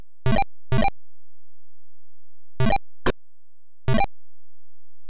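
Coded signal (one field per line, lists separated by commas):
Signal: none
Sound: game sound effects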